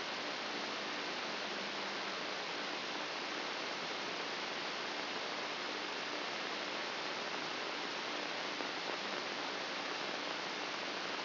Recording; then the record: brain microelectrode recording played as sound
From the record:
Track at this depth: inside the subthalamic nucleus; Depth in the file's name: 0.229 mm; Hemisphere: left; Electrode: 3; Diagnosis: Parkinson's disease